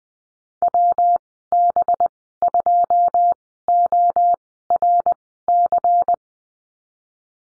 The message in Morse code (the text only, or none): WB2ORC